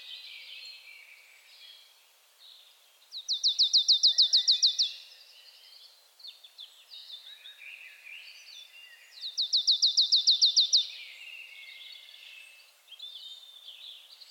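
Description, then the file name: Marsh tit calls: two fast bursts of about twelve high, sharp, evenly spaced notes, several seconds apart, over steady background hiss and faint twittering. "Poecile palustris"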